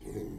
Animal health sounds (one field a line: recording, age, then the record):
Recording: pig call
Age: weaner (32 to 43 days)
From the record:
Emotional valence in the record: positive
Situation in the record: positive conditioning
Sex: female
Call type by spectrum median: low-frequency call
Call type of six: low-frequency stable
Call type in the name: low-frequency stable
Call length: 0.39 s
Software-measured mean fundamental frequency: 46 Hz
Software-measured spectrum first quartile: 176 Hz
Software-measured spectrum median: 338 Hz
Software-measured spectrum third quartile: 576 Hz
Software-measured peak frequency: 313 Hz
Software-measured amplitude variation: 132 dB a second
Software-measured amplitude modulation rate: 28.3 a second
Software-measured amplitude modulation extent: 4.7 dB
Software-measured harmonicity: 4.3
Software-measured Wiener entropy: -0.11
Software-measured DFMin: 1142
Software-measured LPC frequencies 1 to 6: 379, 2012, 3645, 4611, 5948, 7080 Hz